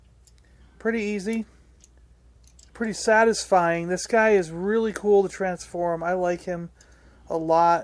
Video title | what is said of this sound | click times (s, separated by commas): Cliffjumper Transformers War for Cybertron Earthrise Action Figure Transformation, Unboxing & Review | And then the wheel pops into place. | 0.3 s, 0.4 s